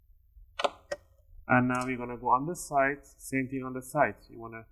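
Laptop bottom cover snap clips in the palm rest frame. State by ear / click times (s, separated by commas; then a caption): released / 0.6 s, 0.9 s. A guitar pick wedged between the palm rest and the plastic bottom cover of an Acer Aspire Vero AV15-52-77MH laptop is twisted outward along the side, and the bottom cover's snap clips in the palm rest frame pop open. Sharp clicks of the clips letting go are heard at 0.6, 0.65 and 0.9 seconds, releasing the cover. After that, someone talks.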